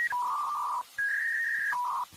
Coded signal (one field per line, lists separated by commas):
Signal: fax machine handshake